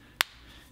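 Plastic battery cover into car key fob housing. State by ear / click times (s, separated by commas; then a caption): seated / 0.2 s. After a battery change, the plastic back cover of a BMW car key fob is pushed back into the fob housing, bigger notch first. It snaps shut with one sharp click at 0.2 s, and the cover is seated.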